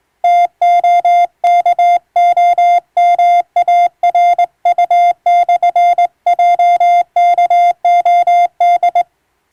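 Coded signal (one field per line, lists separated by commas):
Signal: Morse code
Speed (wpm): 20 wpm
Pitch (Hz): 700 Hz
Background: music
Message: TOKOMARU/JKOD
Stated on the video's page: Morse receiving practice of maritime-style telegram traffic between ship and coast stations, sent by a first-class radiotelegraph operator.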